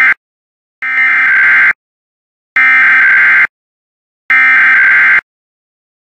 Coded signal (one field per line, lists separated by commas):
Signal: Emergency Alert System (SAME) tones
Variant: header bursts